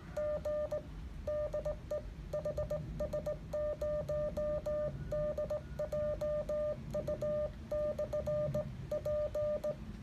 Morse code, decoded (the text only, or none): G DE HS0DJU/P